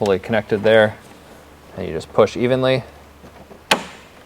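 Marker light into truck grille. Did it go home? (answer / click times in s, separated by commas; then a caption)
yes / 3.7 s. Someone talks while an amber marker light housing is pushed evenly into a plastic grille opening on a RAM truck. At 3.7 s a single sharp snap is heard as the light seats flush in the grille.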